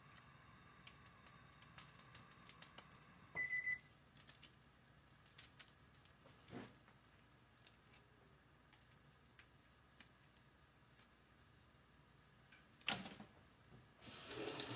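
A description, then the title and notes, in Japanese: Someone is working in a kitchen, with small scattered clicks and knocks over a low steady hum. A brief tone rings at about 3.5 seconds, a louder clatter comes near 13 seconds, and running water starts from about 14 seconds to the end. 環境音 朝、何作ったか忘れた。キッチンで何かを作っていた。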